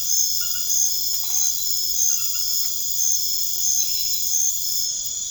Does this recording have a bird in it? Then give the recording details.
no. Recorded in secondary vegetation near Puerto Asís, Putumayo, Colombia, on 24 March 2025 at 23:00. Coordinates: 0.489, -76.322. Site G042